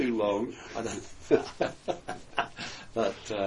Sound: chuckle